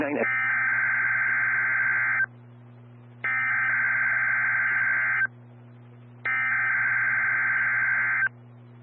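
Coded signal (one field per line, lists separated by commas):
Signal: Emergency Alert System (SAME) tones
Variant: header bursts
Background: speech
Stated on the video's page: NOAA Weather Radio Required Weekly Test.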